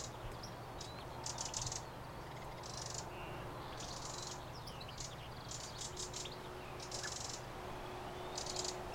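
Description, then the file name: Eurasian wren giving dry, buzzy rattling bursts, repeated irregularly, with a steady low hum underneath. "Troglodytes troglodytes"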